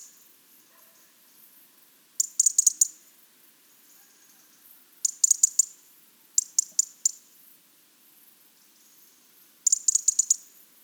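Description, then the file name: European robin ticking calls: four short bursts of several sharp, high clicks, each under a second, at irregular intervals in a quiet background. "Erithacus rubecula"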